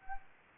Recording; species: mosquito wingbeat signal from an infrared sensor; Anopheles arabiensis